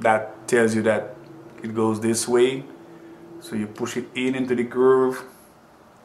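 A plastic continuous glucose monitor transmitter is being handled and pushed toward the groove of a body-worn glucose sensor housing on the skin while someone talks. Nothing has seated or clicked yet; the clip ends before the transmitter snaps into the sensor pod.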